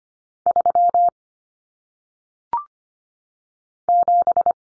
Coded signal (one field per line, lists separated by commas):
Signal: Morse code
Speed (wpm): 25 wpm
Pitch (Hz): 700 Hz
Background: none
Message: 3 7